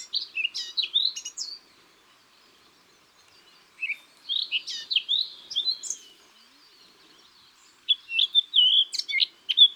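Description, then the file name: Eurasian blackcap song in three bursts of quick, varied warbling notes separated by short pauses, with faint low background hum. "Sylvia atricapilla"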